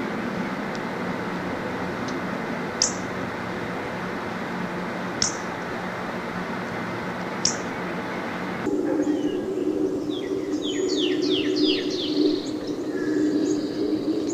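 Northern cardinal: three sharp isolated chips, then a short run of quick slurred whistles over a steady hum.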